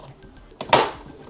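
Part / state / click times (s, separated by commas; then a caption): plastic ramp into the robot vacuum docking station base / seated / 0.6 s, 0.7 s. A plastic entry ramp is pushed onto the front of a MOVA V50 Ultra robot vacuum's docking station base. Two sharp clicks sound at 0.6 s and 0.7 s, the second one louder and brighter, as the ramp clicks into place on both sides. The ramp is seated.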